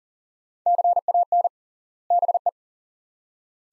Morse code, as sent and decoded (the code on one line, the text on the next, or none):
-.-. .- -. / -... .
CAN BE